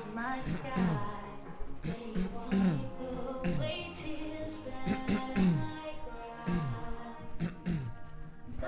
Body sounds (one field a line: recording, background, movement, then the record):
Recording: throat clearing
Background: music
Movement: walking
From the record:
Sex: male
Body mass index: 20.5 kg/m2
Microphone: on the chest, facing outward